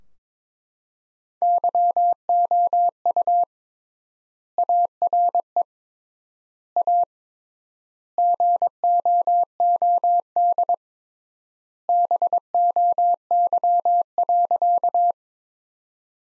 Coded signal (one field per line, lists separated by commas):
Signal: Morse code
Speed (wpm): 22 wpm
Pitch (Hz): 700 Hz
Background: none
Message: YOU ARE A GOOD BOY.